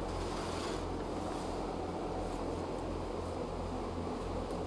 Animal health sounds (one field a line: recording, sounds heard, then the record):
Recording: poultry house recording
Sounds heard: no chicken sound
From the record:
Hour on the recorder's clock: 21